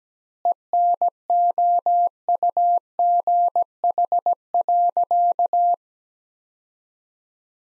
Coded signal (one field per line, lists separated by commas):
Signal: Morse code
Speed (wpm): 17 wpm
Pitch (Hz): 700 Hz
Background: none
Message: ENOUGH.